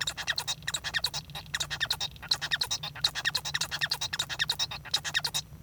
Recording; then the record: song of a male Bengalese finch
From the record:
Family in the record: son of father 1